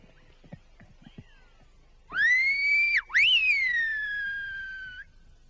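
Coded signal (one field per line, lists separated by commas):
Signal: whistled language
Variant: Silbo Gomero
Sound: a single loud whistled phrase, rising, dipping sharply, then slowly falling, about three seconds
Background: faint background noise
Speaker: Well, I'm going to ask him to ask the other man what he had for breakfast.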